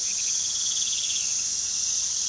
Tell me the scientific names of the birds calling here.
none